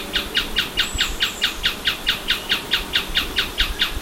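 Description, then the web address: Bird calling in a rapid, steady string of short, bright chirps, with a faint thin whistle early on. "BIRD 2015 SABIOD"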